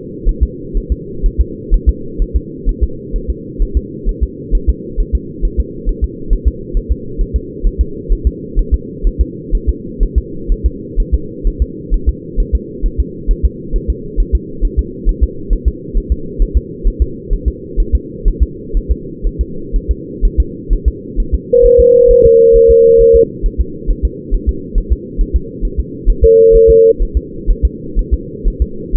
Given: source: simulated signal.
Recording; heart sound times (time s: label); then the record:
fetal heart sounds
0.29 s: S1
0.43 s: S2
0.77 s: S1
0.92 s: S2
1.26 s: S1
1.41 s: S2
1.74 s: S1
1.89 s: S2
2.22 s: S1
2.36 s: S2
2.69 s: S1
2.83 s: S2
3.16 s: S1
3.30 s: S2
3.62 s: S1
3.77 s: S2
4.09 s: S1
4.23 s: S2
4.55 s: S1
4.69 s: S2
5.00 s: S1
5.15 s: S2
5.45 s: S1
5.60 s: S2
5.89 s: S1
6.04 s: S2
6.33 s: S1
6.48 s: S2
6.77 s: S1
6.91 s: S2
7.21 s: S1
7.36 s: S2
7.66 s: S1
7.81 s: S2
8.12 s: S1
8.27 s: S2
8.59 s: S1
8.74 s: S2
9.07 s: S1
9.21 s: S2
9.55 s: S1
9.69 s: S2
10.03 s: S1
10.18 s: S2
10.52 s: S1
10.66 s: S2
11.00 s: S1
11.14 s: S2
11.47 s: S1
11.62 s: S2
11.94 s: S1
12.09 s: S2
12.40 s: S1
12.55 s: S2
12.86 s: S1
13.00 s: S2
13.31 s: S1
13.45 s: S2
13.76 s: S1
13.90 s: S2
14.20 s: S1
14.35 s: S2
14.65 s: S1
14.79 s: S2
15.09 s: S1
15.23 s: S2
15.53 s: S1
15.68 s: S2
15.97 s: S1
16.12 s: S2
16.42 s: S1
16.57 s: S2
16.87 s: S1
17.02 s: S2
17.33 s: S1
17.48 s: S2
17.80 s: S1
17.95 s: S2
18.28 s: S1
18.43 s: S2
18.77 s: S1
18.91 s: S2
19.26 s: S1
19.41 s: S2
19.76 s: S1
19.91 s: S2
20.25 s: S1
20.40 s: S2
20.73 s: S1
20.88 s: S2
21.20 s: S1
21.34 s: S2
21.66 s: S1
21.80 s: S2
22.11 s: S1
22.25 s: S2
22.56 s: S1
22.71 s: S2
23.01 s: S1
23.16 s: S2
23.46 s: S1
23.61 s: S2
23.91 s: S1
24.05 s: S2
24.34 s: S1
24.49 s: S2
24.78 s: S1
24.92 s: S2
25.21 s: S1
25.36 s: S2
25.65 s: S1
25.79 s: S2
26.09 s: S1
26.24 s: S2
26.55 s: S1
26.70 s: S2
27.02 s: S1
27.17 s: S2
27.50 s: S1
27.65 s: S2
27.99 s: S1
28.14 s: S2
28.48 s: S1
28.62 s: S2
28.96 s: S1
From the record:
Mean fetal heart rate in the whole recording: 130 bpm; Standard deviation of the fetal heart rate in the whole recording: 4 bpm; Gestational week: 38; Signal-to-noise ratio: -4.3 dB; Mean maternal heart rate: 72 bpm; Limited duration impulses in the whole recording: present